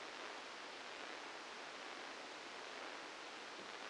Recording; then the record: brain microelectrode recording played as sound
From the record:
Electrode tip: outside the subthalamic nucleus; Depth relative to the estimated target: 4 mm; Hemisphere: right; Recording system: NeuroSet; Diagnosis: Parkinson's disease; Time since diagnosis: 8 years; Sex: male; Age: 65 years